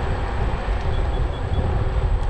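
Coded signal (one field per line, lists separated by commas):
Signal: none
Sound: scooter's beeps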